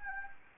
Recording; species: mosquito wingbeat signal from an infrared sensor; Anopheles gambiae